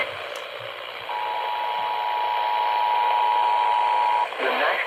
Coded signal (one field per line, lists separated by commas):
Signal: Emergency Alert System (SAME) tones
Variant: 853 and 960 Hz attention tone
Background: speech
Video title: FRIDAY THE 13TH SHITE... EAS Alerts from 9/13/19 (EAS #3,330 - 3,350)